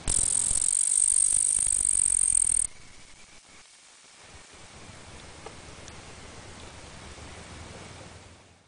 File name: Tettigonia cantans